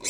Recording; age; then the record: pig call; weaner (32 to 43 days)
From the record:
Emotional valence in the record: negative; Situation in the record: novel object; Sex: female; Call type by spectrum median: high-frequency call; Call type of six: high-frequency stable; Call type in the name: high-frequency stable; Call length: 0.10 s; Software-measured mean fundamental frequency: 423 Hz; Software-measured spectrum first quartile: 3429 Hz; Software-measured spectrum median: 6064 Hz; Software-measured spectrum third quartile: 7768 Hz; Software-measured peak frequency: 7673 Hz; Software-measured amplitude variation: 150 dB a second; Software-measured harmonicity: 0.3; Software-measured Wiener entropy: -2.05